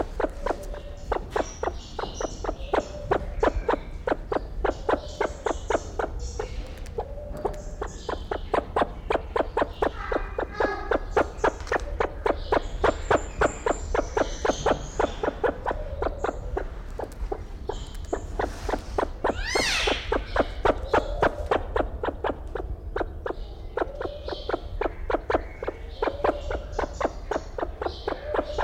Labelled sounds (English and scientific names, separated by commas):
Great Argus (Argusianus argus) call